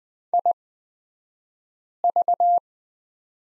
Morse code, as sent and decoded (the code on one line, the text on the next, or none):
.. ...-
IV